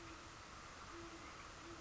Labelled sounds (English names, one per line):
Great Horned Owl